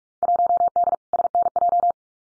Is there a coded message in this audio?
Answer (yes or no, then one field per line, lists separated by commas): yes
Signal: Morse code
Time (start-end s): 0.2-1.9 s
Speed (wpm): 46 wpm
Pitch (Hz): 700 Hz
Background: none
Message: 1D SNJ